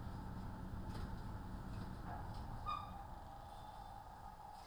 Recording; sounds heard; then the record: poultry house recording; sick chickens (respiratory disease)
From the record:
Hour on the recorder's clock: 13